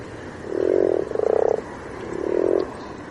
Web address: hlehto. sammakko sammakko kaarina 00 h 28 m 51 s 25 apr 2009